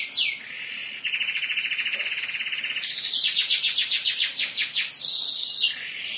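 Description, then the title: Atlantic canary song with long, fast rolling trills at steady pitch, switching to a higher, slower pulsed trill, then a shorter trill, over a steady hiss. "Kenari"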